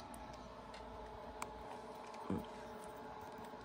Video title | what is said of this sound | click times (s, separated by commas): Dell PowerEdge R720 GPU Deep Learning Upgrade: Installing Dual Tesla P40s with NVIDIA Drivers | stabilize it in the back and then push everything together you should hear it kind of click in place there's a little Notch | 1.4 s